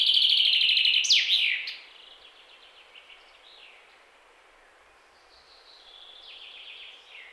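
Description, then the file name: Common chaffinch song, the end of a phrase with a trill and closing flourish, then softer song phrases. "Fringilla coelebs"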